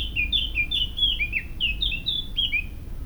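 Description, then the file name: Eurasian blackcap song, a string of loud, pure fluted whistles with downward slurs, delivered rapidly and steadily throughout, low hum beneath. "Sylvia atricapilla"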